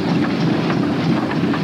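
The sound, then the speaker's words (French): An early steam-powered horseless car, in a scene from a TV film, rolls past, its steady low rumble and hiss broken by regular chuffing puffs roughly three times a second, loud and continuous with no voices. “C'est la vapeur, fiston.”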